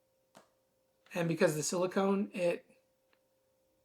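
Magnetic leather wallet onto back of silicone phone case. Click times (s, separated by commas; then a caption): 0.4 s. A Nomad leather MagSafe wallet with Find My snaps magnetically onto the back of a silicone phone case, giving a short, sharp click at 0.4 s and seating firmly in place. Someone then talks from about 1.1 to 2.7 s over a faint steady hum, and a tiny tick follows at 3.1 s.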